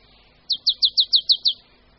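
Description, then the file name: Marsh tit calls: a quick run of seven sharp, high, down-slurred notes lasting about a second, evenly spaced, over a quiet background. "Sýkora-babka"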